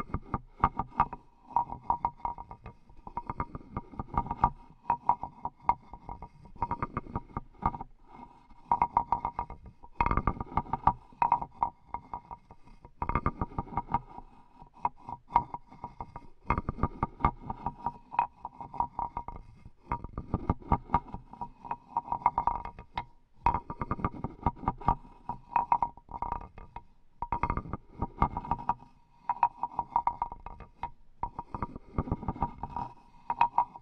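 Tapping and rubbing on wood goes on throughout, in dense bursts of quick taps separated by brief pauses. The sounds are mostly low and mid-toned, with a faint steady tone running underneath and a few sharper knocks around ten and thirteen seconds.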